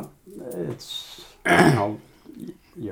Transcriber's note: clears throat